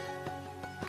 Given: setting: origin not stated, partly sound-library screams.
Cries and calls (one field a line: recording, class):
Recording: one-second piece from a danger detection set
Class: normal situation